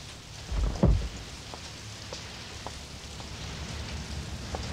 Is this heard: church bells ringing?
no